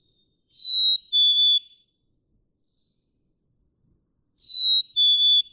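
Black-capped chickadee whistled song, a pure high note followed by a slightly lower one, given twice about four seconds apart in otherwise quiet surroundings.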